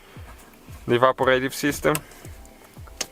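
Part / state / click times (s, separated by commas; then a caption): EVAP hose quick connector onto fuel pump module / seated / 3.0 s. An evaporative emission (EVAP) hose quick connector is pushed onto a fuel pump module while someone talks over a faint, steady background hum. A sharp click at 3.0 s confirms the connector has seated.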